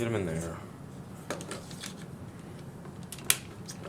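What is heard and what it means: Someone talks while pushing the two pegs of a filler piece into their two holes on a die-cast and plastic Bandai Tamashii DX Chogokin Macross VF-1J (Hikaru Ichijo Custom) toy jet. A few softer handling ticks are heard before one sharp, loud click at 3.3 s as the pegs snap into place and the filler piece seats.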